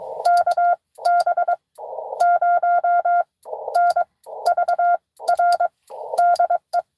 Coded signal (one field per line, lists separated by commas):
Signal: Morse code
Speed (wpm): 22 wpm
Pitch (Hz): 700 Hz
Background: none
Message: KB0NVR DE